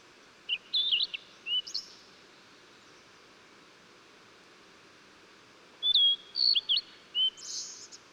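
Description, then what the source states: Blue-and-white flycatcher singing two phrases of slurred whistles, each finished with a short harsh buzz, separated by about four seconds of quiet background hiss. Recorded 14 June 2009.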